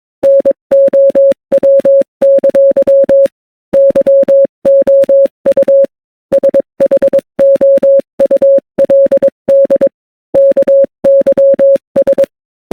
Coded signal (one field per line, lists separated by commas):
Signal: Morse code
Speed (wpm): 22 wpm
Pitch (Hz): 550 Hz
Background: none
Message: NOW! YOU SHOULD KYS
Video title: Some Good Roasts in Morse Code to use against bad people